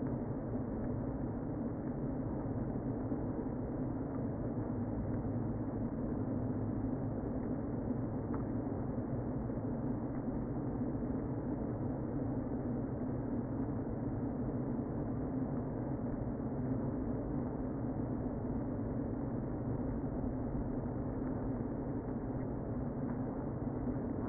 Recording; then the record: honeybee colony, microphone inside the hive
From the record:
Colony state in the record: queen present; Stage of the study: before two queens were removed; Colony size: about 60,000 bees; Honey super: yes